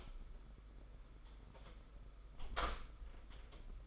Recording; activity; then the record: daily activity, microphone in the room; close door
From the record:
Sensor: 5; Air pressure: 991.8 hPa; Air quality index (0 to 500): 134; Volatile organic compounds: 82 ppm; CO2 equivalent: 3620 ppm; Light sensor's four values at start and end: 33/111/41/44 and 33/111/41/44